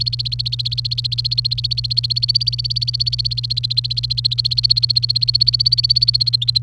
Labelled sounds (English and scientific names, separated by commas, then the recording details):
Domestic Canary (Serinus canaria) song
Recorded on 28 April 2018 at 10:26
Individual llb3